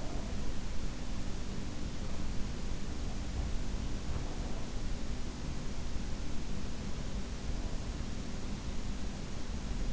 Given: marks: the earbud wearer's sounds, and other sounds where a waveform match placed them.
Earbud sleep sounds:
sounds in sleep by an in-ear microphone; breath
0.00-0.60 s: breath

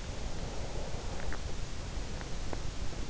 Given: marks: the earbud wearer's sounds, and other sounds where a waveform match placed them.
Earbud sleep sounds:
sounds in sleep by an in-ear microphone; breath
0.01-2.63 s: breath

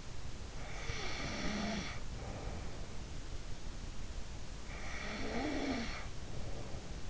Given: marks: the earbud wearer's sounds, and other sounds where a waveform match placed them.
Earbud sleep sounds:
sounds in sleep by an in-ear microphone; snoring breath
0.47-2.96 s: snoring breath
4.64-7.10 s: snoring breath

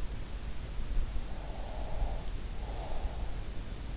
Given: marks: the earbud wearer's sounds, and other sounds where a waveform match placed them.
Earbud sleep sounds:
sounds in sleep by an in-ear microphone; breath
1.40-3.19 s: breath

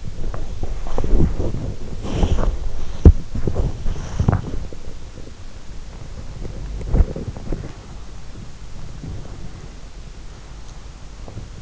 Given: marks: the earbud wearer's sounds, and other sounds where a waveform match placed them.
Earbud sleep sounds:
sounds in sleep by an in-ear microphone; body movement
0.00-11.62 s: body movement

